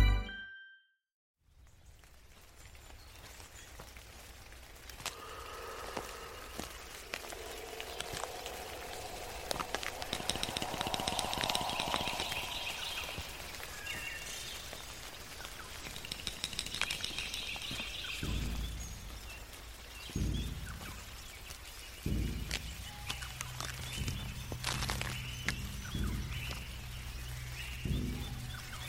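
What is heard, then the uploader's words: Raindrops patter onto a tree in a steady, dense hiss of small ticks, with sharper individual drops snapping through now and then. After a brief silent start, faint bird-like chirps surface mid-clip, and low thuds of heavier drops land more often in the last third. Mystic forest asmr ambience. Birds/insects. Raindrops on tree.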